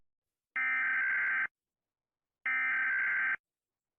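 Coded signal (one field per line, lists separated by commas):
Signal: Emergency Alert System (SAME) tones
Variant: header bursts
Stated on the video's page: Animated EAS alarms.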